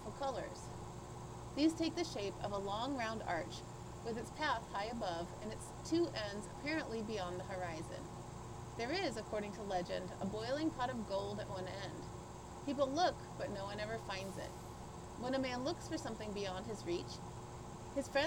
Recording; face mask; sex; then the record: reading aloud; surgical mask; female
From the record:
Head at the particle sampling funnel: tilted up or above it, chin in front of it